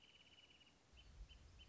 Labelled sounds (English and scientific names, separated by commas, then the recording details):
Wrentit (Chamaea fasciata)
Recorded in Sonoma County, California